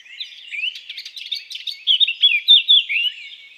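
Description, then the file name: Eurasian blackcap song: a quiet scratchy warble that swells into a louder run of clear, fluty whistled notes near the end. "Sylvia atricapilla"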